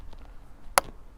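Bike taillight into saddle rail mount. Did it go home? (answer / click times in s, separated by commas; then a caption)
yes / 0.8 s. A Magicshine Seemee 200 bike taillight is pressed onto a plastic saddle-rail mount that sits between the saddle rails. After a few faint ticks, a loud, sharp snap at 0.8 s locks it in place, followed by a soft tick. The taillight is seated and feels secure.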